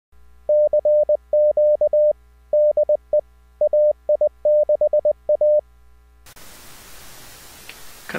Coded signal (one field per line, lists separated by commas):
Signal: Morse code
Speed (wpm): 20 wpm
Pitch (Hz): 600 Hz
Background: radio noise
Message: CQ DE AI6A